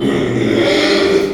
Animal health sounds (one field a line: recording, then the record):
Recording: squeal of a Yucatan mini pig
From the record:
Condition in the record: after surgery on the right vocal fold (resection and tissue-engineered implant)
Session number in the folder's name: 2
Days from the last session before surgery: 13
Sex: male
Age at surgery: 12 weeks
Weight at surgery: 13 kg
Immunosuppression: cyclosporine, prednisolone